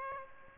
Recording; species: mosquito wingbeat signal from an infrared sensor; Aedes aegypti